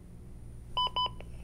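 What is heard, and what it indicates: A short run of clear electronic beeps: two steady tones, a quicker third, then a louder alert starting at the end. These are an automated external defibrillator's alert tones while it analyzes the heart rhythm, telling everyone to stand clear, before it advises a shock.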